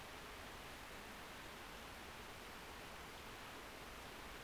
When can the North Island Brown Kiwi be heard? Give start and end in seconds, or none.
none